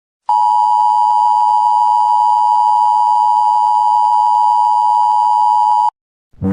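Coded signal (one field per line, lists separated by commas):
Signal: Emergency Alert System (SAME) tones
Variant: 853 and 960 Hz attention tone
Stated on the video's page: Fictional horror EAS scenario, an animated simulation.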